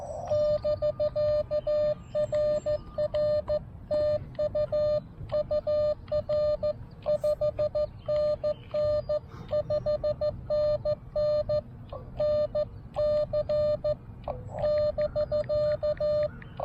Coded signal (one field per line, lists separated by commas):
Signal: Morse code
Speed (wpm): 15 wpm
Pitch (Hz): 600 Hz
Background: radio noise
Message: <BK> RR TU UR 5NN 5NN NC <BK>